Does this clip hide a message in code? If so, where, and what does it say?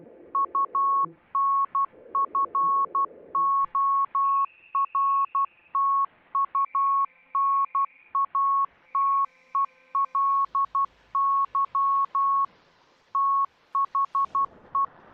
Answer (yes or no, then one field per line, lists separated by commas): yes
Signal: Morse code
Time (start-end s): 0.3-14.8 s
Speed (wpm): 12 wpm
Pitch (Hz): 1100 Hz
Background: none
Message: UNFORTUNATELY THE